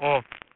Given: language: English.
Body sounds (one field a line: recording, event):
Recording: throat vibration sensor signal played as sound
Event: speech